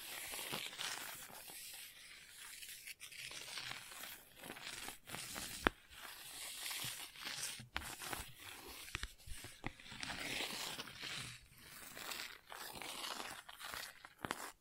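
Gentle scratching, close and bright, runs through the whole stretch as soft rasping strokes that rise and fall in irregular bursts. Sharper clicks and taps break in now and then, one standing out near the six-second mark, in a quiet, small-sounding room.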